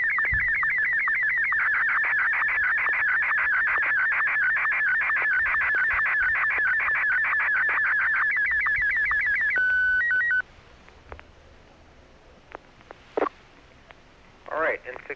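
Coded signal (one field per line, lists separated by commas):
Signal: SSTV (slow-scan television)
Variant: Martin M1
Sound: fast warbling chirpy tones for ten seconds, then steady alternating beeps, then quiet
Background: radio static, brief noises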